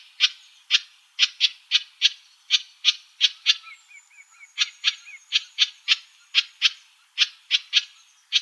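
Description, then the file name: House wren giving a steady series of rasping, broad-band chatter calls, a few per second, with a faint high whistle and a short run of soft chips partway through. Arizona, 6 March 2003. "HOWR CALLS 030506. deviche"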